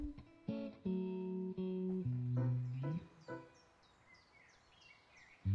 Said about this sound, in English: Early in the morning, the birds sound so beautiful.